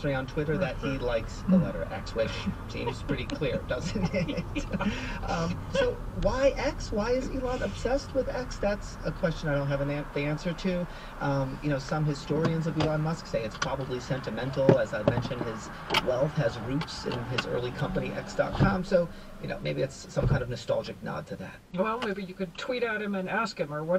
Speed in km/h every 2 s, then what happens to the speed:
11, 13, 13, 6, 0, 0, 0, 0, 0, 0, 0, 0.
4-8 slows to 0. 8-24 standing.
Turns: none.